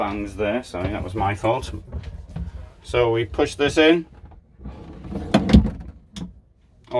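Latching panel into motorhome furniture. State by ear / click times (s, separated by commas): seated / 5.4 s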